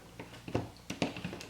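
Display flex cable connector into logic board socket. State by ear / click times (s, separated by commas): seated / 0.9 s, 1.0 s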